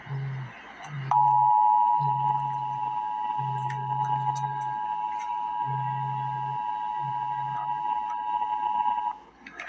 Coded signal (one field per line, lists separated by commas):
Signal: Emergency Alert System (SAME) tones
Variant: 853 and 960 Hz attention tone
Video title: Emergency Alert System - Special Weather Statement - Dec 18, 2025 at 3:46 PM EST